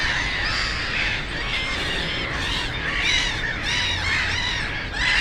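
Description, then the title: Black-headed gulls calling in a noisy chorus, harsh squealing cries overlapping throughout, over a constant low traffic rumble. Many black-headed gulls, loudest of plentiful birds on ponds of former coal-mining land, Żabie Doły complex, Bytom, Poland; nearby DK79 road and railway noise; recorded with Zoom F4 and AT BP4025. "Żabie Doły, Bytom, Polska - Black-headed gulls at Frog Ponds complex"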